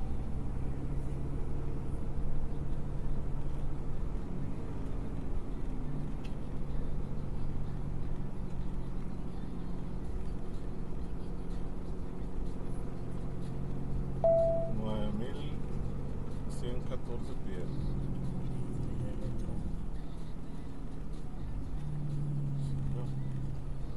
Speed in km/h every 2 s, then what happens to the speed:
37, 37, 34, 31, 31, 31, 31, 32, 32, 29, 24, 23.
0-7 slows to 31. 7-17 steady at about 31. 17-21 slows to 23.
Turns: none.